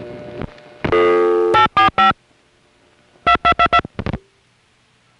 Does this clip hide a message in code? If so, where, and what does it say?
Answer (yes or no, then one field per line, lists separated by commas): yes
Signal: DTMF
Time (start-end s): 1.5-3.8 s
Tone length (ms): 100 ms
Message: 845 2222